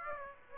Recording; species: mosquito wingbeat signal from an infrared sensor; Aedes aegypti